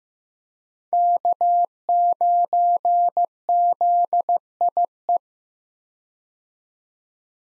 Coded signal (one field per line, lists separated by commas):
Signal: Morse code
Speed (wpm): 15 wpm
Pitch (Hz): 700 Hz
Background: none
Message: K9ZIE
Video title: 2023 POTA Activator Call Signs - 15wpm